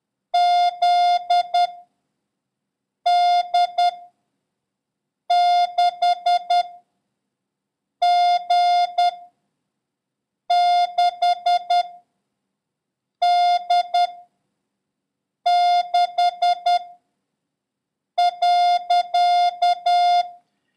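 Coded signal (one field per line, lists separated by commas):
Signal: Morse code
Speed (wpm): 10 wpm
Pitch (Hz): 710 Hz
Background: none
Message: Z D 6 G 6 D 6 .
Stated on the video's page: Morse lesson 10 introducing 6, comma, slash, and question mark, with a random run drill.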